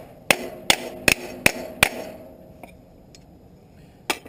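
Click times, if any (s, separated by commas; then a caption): none. A hammer strikes a block of wood with a plastic sleeve over it, driving a metal grease dust cap onto a trailer axle hub, with five sharp blows at 0.3, 0.7, 1.1, 1.5 and 1.8 s. Fainter knocks follow near 2.6 and 3.1 s, then a couple more at about 4.1 to 4.3 s. Nothing clicks and the dust cap has not seated.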